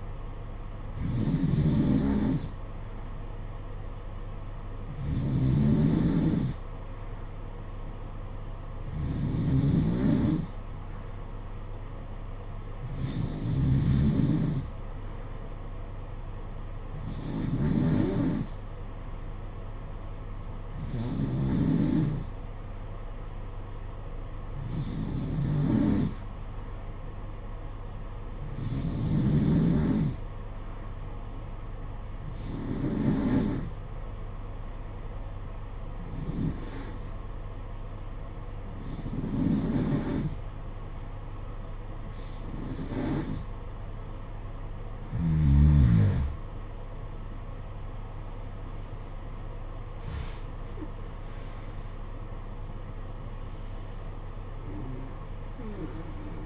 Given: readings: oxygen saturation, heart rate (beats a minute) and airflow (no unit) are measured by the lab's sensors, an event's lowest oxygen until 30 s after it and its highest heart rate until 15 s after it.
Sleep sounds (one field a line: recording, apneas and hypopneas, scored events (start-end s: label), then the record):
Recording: breathing in sleep by a smartphone at the bedside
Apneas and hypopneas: 1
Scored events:
33.00-46.70 s: hypopnea (N2, oxygen 92% highest, then 91% lowest, heart rate 58 at the start, 67 highest)
35.00-56.46 s: new sleep stage, N1 (lightest sleep)
From the record:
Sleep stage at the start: N2 (light sleep)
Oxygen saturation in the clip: 90 to 92%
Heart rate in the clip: 55 to 67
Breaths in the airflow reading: 14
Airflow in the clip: -13.2 to 17.1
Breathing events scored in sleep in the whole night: 476 in 9.7 hours asleep